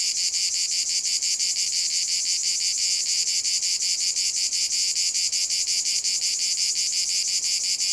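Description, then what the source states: Cicada song: a continuous high rasping drone with fast regular pulsing. Cicadas in a field at Domaine de la Sablière, Saint-Privat-de-Champclos, France; recorded with a Zoom H6 and M/S microphone.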